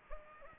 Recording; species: mosquito wingbeat signal from an infrared sensor; Anopheles gambiae